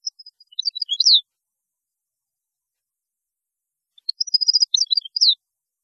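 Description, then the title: European goldfinch song, two short tinkling twitters a few seconds apart, each ending in a downward slurred note. "Chant Chardonneret"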